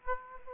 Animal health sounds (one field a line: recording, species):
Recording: mosquito wingbeat signal from an infrared sensor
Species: Aedes aegypti